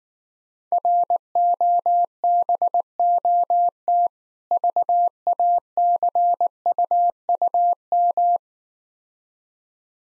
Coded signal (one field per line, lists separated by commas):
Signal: Morse code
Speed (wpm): 19 wpm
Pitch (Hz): 700 Hz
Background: none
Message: ROBOT VACUUM